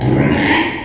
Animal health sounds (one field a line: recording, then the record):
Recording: squeal of a Yucatan mini pig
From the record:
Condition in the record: before surgery on the right vocal fold (resection and tissue-engineered implant)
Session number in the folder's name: 2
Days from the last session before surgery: 0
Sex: male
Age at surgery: 12 weeks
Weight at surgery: 13 kg